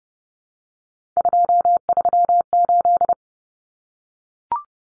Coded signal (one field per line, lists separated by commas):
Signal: Morse code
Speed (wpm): 30 wpm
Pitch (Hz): 700 Hz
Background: none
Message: 238